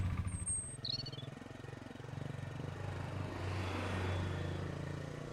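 A brief high electronic chirp, then the low droning engine of a Scootwin hovercraft scooter hums steadily and swells into a louder, rushing whoosh as a young woman starts it and speeds away with a passenger.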